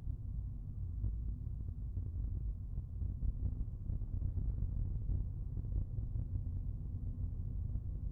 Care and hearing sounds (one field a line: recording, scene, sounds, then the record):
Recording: everyday scene through a hearing-aid microphone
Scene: in a vehicle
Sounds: engine, rumble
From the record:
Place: Skoda Fabia, gasoline engine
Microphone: behind the ear, right, front